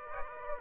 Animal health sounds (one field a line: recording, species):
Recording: mosquito wingbeat signal from an infrared sensor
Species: Aedes aegypti